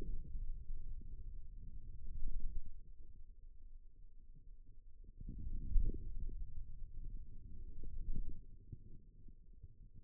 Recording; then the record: forearm muscle sounds (acoustic myography)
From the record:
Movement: wrist extension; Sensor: system 2, bracelet of six BSWA MPA416 microphones around the upper forearm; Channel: 1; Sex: male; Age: 22 years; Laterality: right